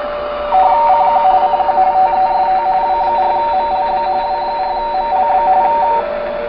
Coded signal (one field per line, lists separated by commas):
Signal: RTTY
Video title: Tecsun PL-660: RTTY 14.090 W4MLB PLATINUM COAST AMATEUR RADIO SOCIETY